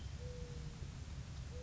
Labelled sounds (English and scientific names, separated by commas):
Mourning Dove (Zenaida macroura)